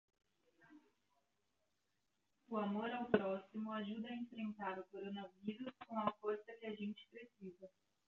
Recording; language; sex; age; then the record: spoken sentence; Brazilian Portuguese; female; 20 to 29 years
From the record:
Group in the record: control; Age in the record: 25 years